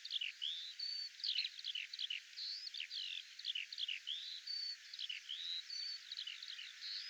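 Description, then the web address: Bird chirps and short whistled phrases, repeated in loose bursts over a steady hiss. "birddata Deverinetal 2025 Bird"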